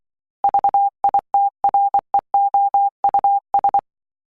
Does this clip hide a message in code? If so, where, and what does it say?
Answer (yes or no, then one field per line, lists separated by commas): yes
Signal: Morse code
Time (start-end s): 0.4-3.8 s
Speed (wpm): 24 wpm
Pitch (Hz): 800 Hz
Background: none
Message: VITREOUS